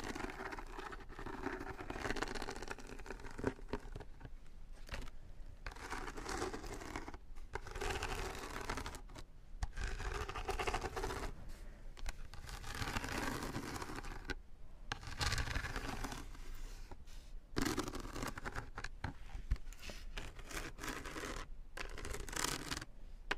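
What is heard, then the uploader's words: Massage rollers and tapping on headphones make a dense, scratchy rolling and rubbing sound that runs almost without pause. It stops abruptly for short moments every second or two, and soft low thumps and clicks sit under the brighter friction. Headphone Tapping & Massage Rollers.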